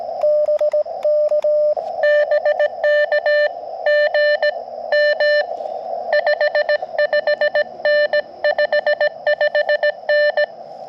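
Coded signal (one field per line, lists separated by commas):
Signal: Morse code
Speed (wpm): 20 wpm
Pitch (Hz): 600 Hz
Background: none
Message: BK BK GM 55N 55N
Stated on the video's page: QRP CW Parks on the Air activation from a national forest, Elecraft KX2 with KXPD2 paddle and MC-750 antenna.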